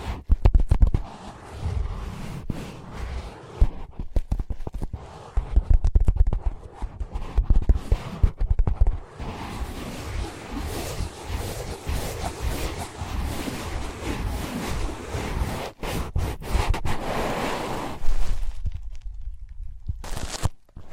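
Tapping, scratching and tracing on ear pads, a dense run of soft thuds and rough rubbing strokes that rarely pause. Scratchy, brighter passages swell between about 9 and 18 seconds, then the sound thins to a low muffled rumble before a few final taps.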